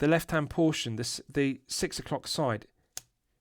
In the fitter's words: it's got this nice loud audible click.